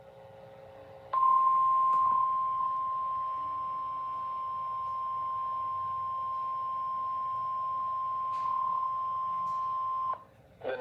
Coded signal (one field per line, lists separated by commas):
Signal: Emergency Alert System (SAME) tones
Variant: 1050 Hz attention tone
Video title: 8/28/26 Severe Thunderstorm Warning for Harris County (EAS #90)